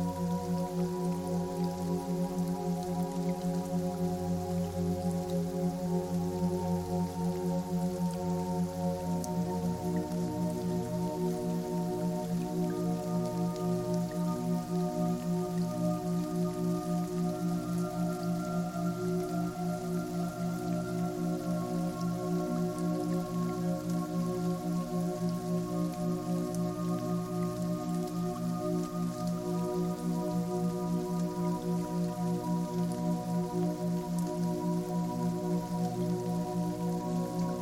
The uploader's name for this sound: Rain Sounds Plus Piano sounds